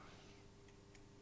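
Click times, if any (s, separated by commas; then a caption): 1.0 s. A throttle position switch on the throttle body of a Volvo 940 is rotated in one direction during an idle adjustment until its idle contact is reached. A short, sharp click sounds at 0.95 s over a steady low background hum, confirming the switch has clicked into the idle position.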